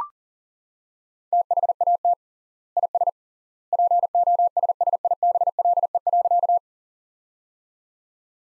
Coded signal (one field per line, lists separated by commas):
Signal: Morse code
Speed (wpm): 40 wpm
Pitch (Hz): 700 Hz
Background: none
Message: THAT IS POSSIBLE.